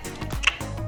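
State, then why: Seated. An inner nasal mask is pressed into an outer hood until it snaps into place on the other side, with a sharp click at 0.5 seconds standing out above several softer handling taps. The mask is confirmed seated in the hood.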